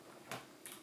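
The flat ribbon cable connector of a backlit keyboard is handled and pressed toward its socket on a ThinkPad X230/220 laptop motherboard. Two short, sharp broadband ticks sound at about 0.3 s and 0.7 s. Nothing has seated or clicked into place yet.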